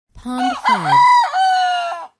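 Chicken: a rooster crowing once, a full cock-a-doodle-doo ending in a long, level, ringing note, with nothing else audible.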